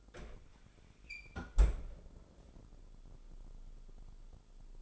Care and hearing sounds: daily activity, microphone in the room; close fridge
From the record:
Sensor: 5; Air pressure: 988.6 hPa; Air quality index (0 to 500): 218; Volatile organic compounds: 121 ppm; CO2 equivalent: 3881 ppm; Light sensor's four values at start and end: 42/127/50/53 and 41/128/49/53

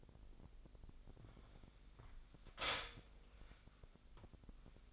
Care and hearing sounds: daily activity, microphone in the room; stop toaster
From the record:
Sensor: 5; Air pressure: 1002.1 hPa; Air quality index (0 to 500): 205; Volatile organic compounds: 19 ppm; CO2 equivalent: 2656 ppm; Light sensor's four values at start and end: 33/108/41/43 and 33/108/41/44

